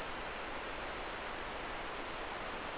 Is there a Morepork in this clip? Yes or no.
no